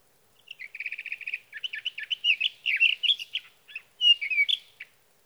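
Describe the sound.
Sage thrasher singing a fast trill followed by a long, jumbled warble of varied notes, with a brief pause before a final whistled slur.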